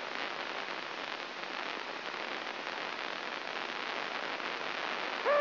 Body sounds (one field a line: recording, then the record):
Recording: brain microelectrode recording played as sound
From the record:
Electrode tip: inside the subthalamic nucleus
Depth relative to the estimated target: -1.5 mm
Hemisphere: left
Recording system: AlphaMap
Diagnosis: Parkinson's disease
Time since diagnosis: 8 years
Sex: male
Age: 59 years